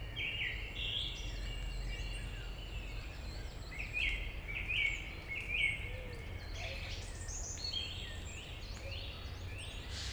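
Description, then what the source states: Song Thrush song of short, repeated phrases, with higher notes from other birds and a constant low background rumble. Route Forestière de la Meunaz, Montcel state forest, Montcel, Savoie, France; large forest frequented by thrushes and many other birds.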